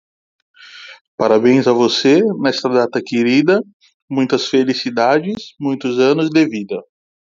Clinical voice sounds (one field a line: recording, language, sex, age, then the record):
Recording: short text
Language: Brazilian Portuguese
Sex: male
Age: 40 to 49 years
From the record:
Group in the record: control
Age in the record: 40 years